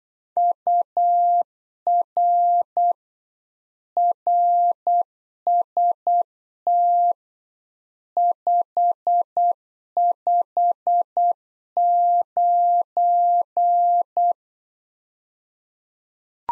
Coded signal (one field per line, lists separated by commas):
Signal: Morse code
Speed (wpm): 8 wpm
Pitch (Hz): 700 Hz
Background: none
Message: UR RST 559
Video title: Practice QSO - Complete One-Sided - 8wpm